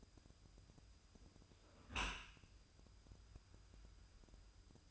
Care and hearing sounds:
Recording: daily activity, microphone in the room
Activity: close dishwasher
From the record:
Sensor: 2

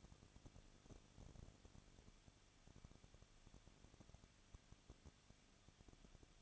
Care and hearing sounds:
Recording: daily activity, microphone in the room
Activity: no activity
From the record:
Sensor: 4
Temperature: 23.0 degrees Celsius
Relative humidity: 34.2%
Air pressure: 1007.3 hPa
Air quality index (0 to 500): 214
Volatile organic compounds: 14 ppm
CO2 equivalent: 2470 ppm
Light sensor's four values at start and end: 2/3/1/1 and 2/3/1/1

